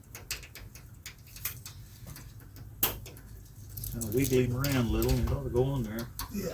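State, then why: Not seated. During radiator work on a 1976 Ford LTD, one person holds a piece over while another wiggles a radiator fitting or bracket to slide it onto its mount, making scattered short knocks and rattles, the sharpest at about 2.8 s. From about 4 s someone talks. The part has not seated or clicked into place yet.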